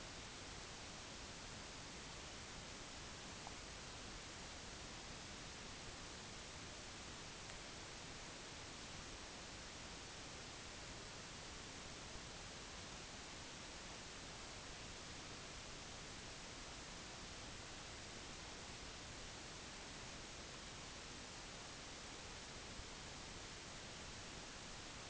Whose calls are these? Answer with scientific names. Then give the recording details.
none. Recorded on Arctic tundra, site NAIT-1, on 25 June 2019. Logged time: 10:00